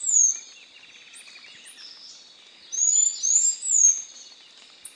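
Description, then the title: Bird giving a shrill swept whistle, then quieter chirps and a faint buzzy trill, followed by three high whistled notes in quick succession over a continuous high hum. "LuckyPassaro Completos2Sama"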